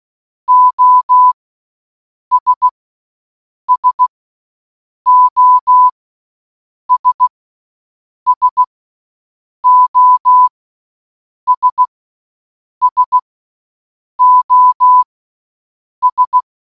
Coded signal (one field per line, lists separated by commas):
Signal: Morse code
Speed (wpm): 16 wpm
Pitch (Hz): 1000 Hz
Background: none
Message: OS SOS SOS SOS